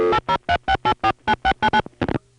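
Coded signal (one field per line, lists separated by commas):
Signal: DTMF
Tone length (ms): 80 ms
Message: 8036849699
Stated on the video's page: Recording of an EAX local/toll telephone switch, 1977.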